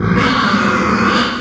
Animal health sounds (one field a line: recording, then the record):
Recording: squeal of a Yucatan mini pig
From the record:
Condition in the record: after surgery on the right vocal fold (resection and tissue-engineered implant)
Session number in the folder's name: 16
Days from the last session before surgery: 183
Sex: female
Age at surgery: 19 weeks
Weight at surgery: 25 kg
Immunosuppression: prednisolone